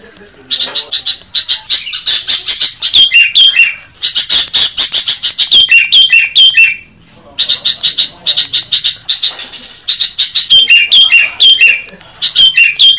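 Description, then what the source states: Bird chattering in fast repeated bursts of sharp chirps and rasping squawks, broken by short silences, with whistled downslurred notes recurring throughout. Training recordings used to teach songbirds.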